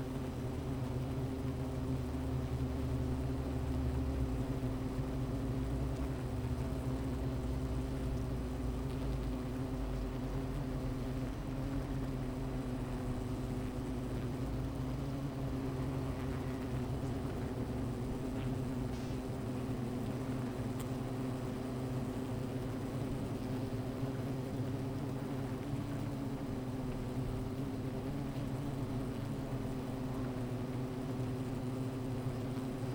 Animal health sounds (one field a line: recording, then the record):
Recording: honeybee colony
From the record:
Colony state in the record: missing queen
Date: 14 July 2017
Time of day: 15:25